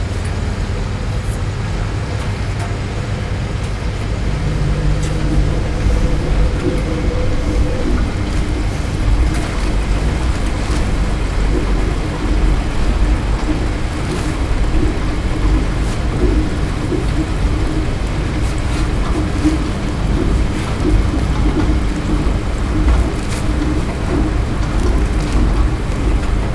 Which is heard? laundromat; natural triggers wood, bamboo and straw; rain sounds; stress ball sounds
laundromat